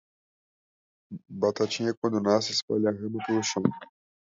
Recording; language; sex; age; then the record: short text; Brazilian Portuguese; male; 20 to 29 years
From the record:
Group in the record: control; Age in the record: 24 years